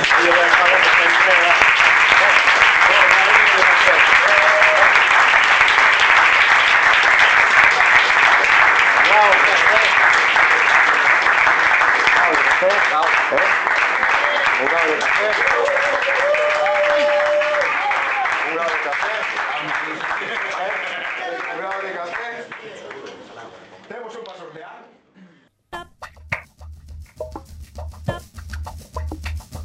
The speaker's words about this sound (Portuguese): Muy buenas noches, un aplauso a ellos.